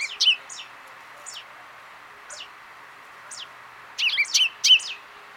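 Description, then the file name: Common chaffinch calls: brief high descending chips spaced irregularly, then a faster cluster of louder overlapping notes near the end, with faint background hiss. "Fringilla coelebs"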